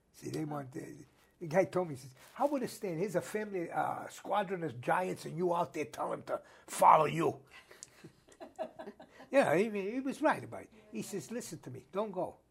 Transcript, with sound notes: See they weren't, they guy told me he says "How would it stand, here's a family, a squadron of giants and you out there telling them to follow you?" (All laugh) Yeah he was right about, he says "Listen to me, don't go,"